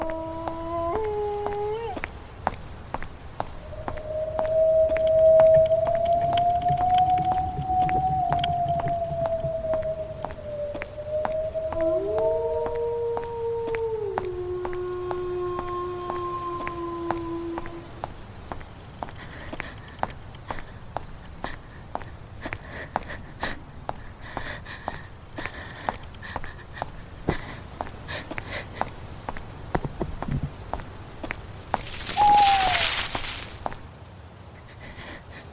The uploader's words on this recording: Horror night ambience.